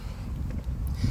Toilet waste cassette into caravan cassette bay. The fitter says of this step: that then goes in here slides in locks into place